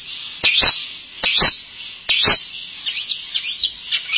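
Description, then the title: Bird giving loud, high swooping whistles in phrases about a second apart, followed by softer chirping notes, with sharp clicking sounds mixed in. "burung"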